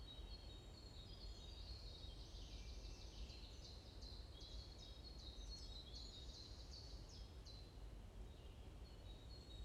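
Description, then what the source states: Bird chirps, quick bursts of high, clipped notes bunched together in the middle, with a constant low background hum. Morning birds chirping in a forest in Bosvoorde, Watermaal-Bosvoorde, Brussels, Belgium; described as peaceful ('rust'); recorded with an AMBE VR microphone.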